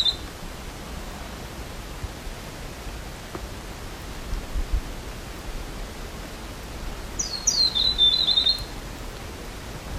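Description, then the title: Bird giving one short high call, with a faint chirp at the start and steady outdoor hiss throughout. A small bird in the jungle of Fiordland National Park, New Zealand. "丛林里的一只小小鸟 新西兰峡湾国家公园"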